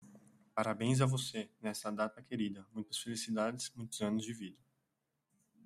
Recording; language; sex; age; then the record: short text; Brazilian Portuguese; male; 30 to 39 years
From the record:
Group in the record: control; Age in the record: 30 years